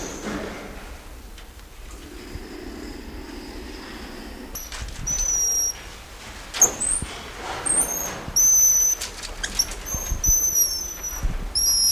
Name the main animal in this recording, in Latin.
Callimico goeldii